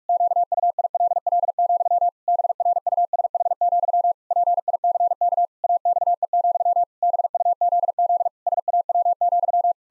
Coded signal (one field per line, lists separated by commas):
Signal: Morse code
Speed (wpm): 46 wpm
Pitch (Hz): 700 Hz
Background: none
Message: QUILL, BRUSH, PICK AXE, BUZZ SAW,